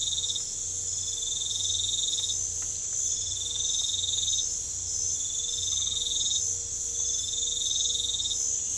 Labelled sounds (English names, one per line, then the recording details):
none
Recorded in pastures near Puerto Asís, Putumayo, Colombia, on 22 December 2024 at 23:00
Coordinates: 0.487, -76.322
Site GP09